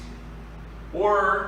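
The steel lock bar of an APlus Lift MT1500X motorcycle lift table's mechanical safety lock is handled with its pull cable, on its way to engaging its notch. A low steady hum runs throughout, and someone talks starting near 0.9 s. Nothing has seated or clicked yet.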